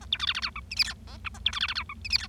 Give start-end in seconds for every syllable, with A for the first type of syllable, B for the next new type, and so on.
0.01-0.05 A, 0.12-0.17 B, 0.19-0.26 C, 0.27-0.33 D, 0.34-0.40 D, 0.42-0.50 E, 0.56-0.60 F, 0.71-0.75 G, 0.76-0.83 H, 0.84-0.93 I, 1.07-1.17 J, 1.25-1.29 K, 1.34-1.39 A, 1.45-1.51 B, 1.53-1.59 C, 1.60-1.67 D, 1.68-1.74 D, 1.75-1.83 E, 1.89-1.94 F, 2.05-2.08 G, 2.10-2.17 H, 2.18-2.27 I